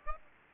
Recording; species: mosquito wingbeat signal from an infrared sensor; Aedes aegypti